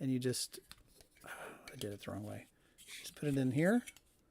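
An SD card is handled near a small card holder after first being put in the wrong way round; the holder uses a spring-loaded ball to lock the card in place. Someone talks throughout, with a faint brief tap around 1.0 s. The card has not yet been slid in, and nothing has seated or clicked yet.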